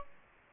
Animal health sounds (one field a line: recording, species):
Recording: mosquito wingbeat signal from an infrared sensor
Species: Aedes aegypti